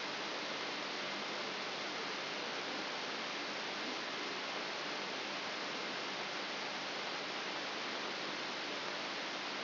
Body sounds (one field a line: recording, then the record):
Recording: brain microelectrode recording played as sound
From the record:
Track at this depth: inside the subthalamic nucleus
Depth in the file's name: 0.007 mm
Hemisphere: left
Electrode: 3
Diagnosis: Parkinson's disease